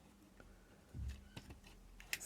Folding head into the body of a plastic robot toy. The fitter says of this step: fold up the head and Clicks in place